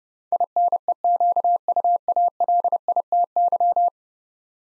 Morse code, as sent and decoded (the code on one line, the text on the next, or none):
.. -. . --.- ..- .- .-.. .. - -.--
INEQUALITY